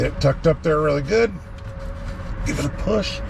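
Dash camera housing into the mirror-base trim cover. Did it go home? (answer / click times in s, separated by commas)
no / none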